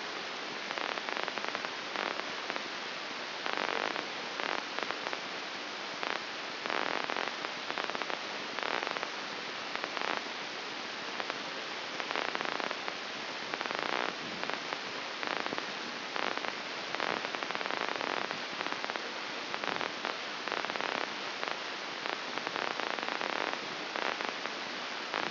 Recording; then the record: brain microelectrode recording played as sound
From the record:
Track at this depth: outside the subthalamic nucleus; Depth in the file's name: 8.504 mm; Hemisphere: left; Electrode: 2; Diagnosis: Parkinson's disease